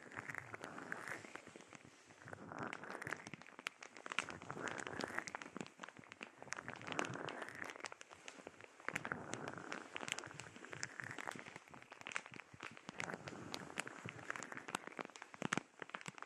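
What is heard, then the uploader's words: Bubble wrap crackles in dense, irregular bursts of sharp pops, layered over soft squishy swells of a sponge being squeezed throughout. Bubble Wrap, Sponge.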